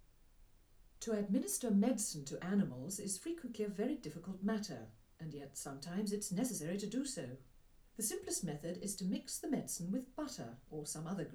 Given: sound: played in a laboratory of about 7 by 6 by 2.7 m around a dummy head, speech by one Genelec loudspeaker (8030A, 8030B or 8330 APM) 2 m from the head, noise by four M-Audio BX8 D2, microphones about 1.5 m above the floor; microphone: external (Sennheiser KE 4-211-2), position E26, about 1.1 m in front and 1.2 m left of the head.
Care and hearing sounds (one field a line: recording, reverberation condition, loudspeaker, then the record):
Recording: female speech in English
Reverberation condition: low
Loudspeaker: 30 degrees to the right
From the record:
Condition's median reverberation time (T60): about 310 ms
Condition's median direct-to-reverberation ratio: about 3.5 dB